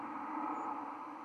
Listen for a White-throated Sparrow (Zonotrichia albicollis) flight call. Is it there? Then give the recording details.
yes. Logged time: 02:54 on 31 October 2014